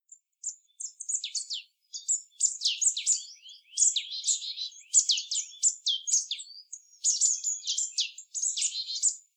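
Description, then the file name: Marsh tit calls, a dense run of high, sharp downward-sweeping notes and short chips, with brief gaps, continuing throughout. "Poecile palustris"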